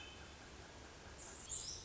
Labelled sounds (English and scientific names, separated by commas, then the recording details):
Hermit Thrush (Catharus guttatus)
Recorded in Sonoma County, California